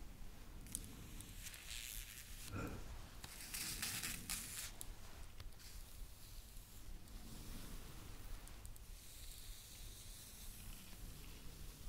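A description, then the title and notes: A soft massage with hands rubbing and sliding over skin or fabric, making bright hissing swishes in uneven bursts. Strokes swell around two to five seconds and again near eight to nine, with a faint low rumble underneath throughout. ASMR Massage For Relaxation.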